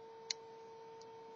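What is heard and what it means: A plastic building brick part is pushed into a hole in another brick part of a model and seats with a single sharp click at 0.3 s, joining the two pieces. A steady electrical hum runs throughout, with a faint second tick near 1.0 s.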